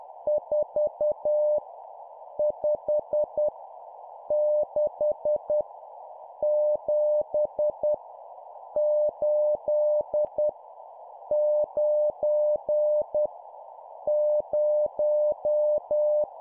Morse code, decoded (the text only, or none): 4 5 6 7 8 9 0